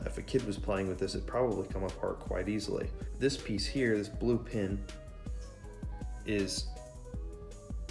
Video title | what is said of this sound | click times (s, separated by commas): Bionicle Clone Review | should be clicking into place, but is sliding like an axle. | none